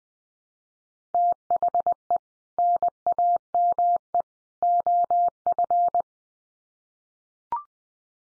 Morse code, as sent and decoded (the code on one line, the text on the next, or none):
- .... . / -. .- -- . / --- ..-.
THE NAME OF